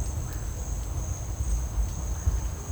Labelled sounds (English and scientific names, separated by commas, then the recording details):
none
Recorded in dense forest near Puerto Asís, Putumayo, Colombia, on 20 December 2024 at 10:00
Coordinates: 0.481, -76.323
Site G100